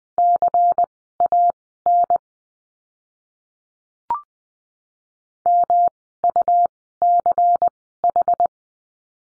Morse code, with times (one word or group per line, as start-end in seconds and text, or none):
0.2-2.2 CAN
5.5-8.5 MUCH